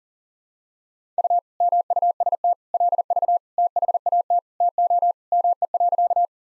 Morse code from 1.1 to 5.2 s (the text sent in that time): U MUST LV THAT TO